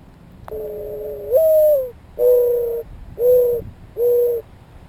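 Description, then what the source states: Mourning dove giving its mournful coo series: a long note with an upward lift, then three shorter soft hollow coos about one second apart, over a faint high whine. Coo call, played from a video of mourning dove song and coo calls; said to coo because he is sad.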